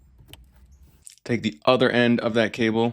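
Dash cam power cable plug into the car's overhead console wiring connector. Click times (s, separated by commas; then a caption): 0.3 s, 1.1 s. The matching power cable plug of a FitcamX direct-fit dash cam is lined up and pushed into the overhead console wiring connector of a 2025 Toyota Camry. It snaps into place with sharp clicks at 0.3 s and 1.1 s, and the plug is seated. Someone then talks.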